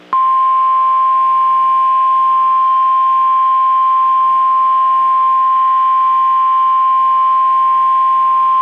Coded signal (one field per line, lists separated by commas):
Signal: Emergency Alert System (SAME) tones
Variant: 1050 Hz attention tone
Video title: Severe Weather Outbreak! - EAS Alert Compilation from 3/2/2023 (PDS SVRs, Triple-Headers and More)